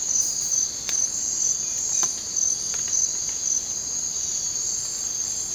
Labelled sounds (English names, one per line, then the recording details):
none
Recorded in secondary vegetation near Puerto Asís, Putumayo, Colombia, on 19 March 2025 at 02:30
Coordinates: 0.484, -76.319
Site G010